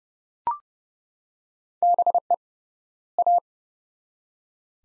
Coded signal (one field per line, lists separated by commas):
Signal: Morse code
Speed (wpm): 30 wpm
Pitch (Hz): 700 Hz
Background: none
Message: BE A